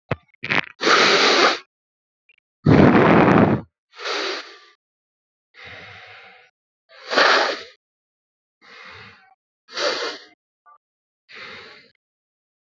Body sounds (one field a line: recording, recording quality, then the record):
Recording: deep breathing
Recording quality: excellent, no background noise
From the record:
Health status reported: healthy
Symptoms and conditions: hypertension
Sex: male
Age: 27 years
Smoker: not ticked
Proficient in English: yes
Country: India